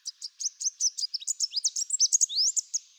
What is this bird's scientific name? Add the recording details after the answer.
Basileuterus delattrii. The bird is a male. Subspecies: delattrii. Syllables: 20. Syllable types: 17. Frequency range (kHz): 2.7-9.0 kHz. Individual CR-BBGS-M